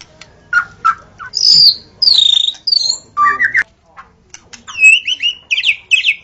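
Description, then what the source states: White-rumped shama song: scattered clear whistles, some high and drawn out, with buzzy notes and pauses between the phrases. Wild forest bird; original natural song.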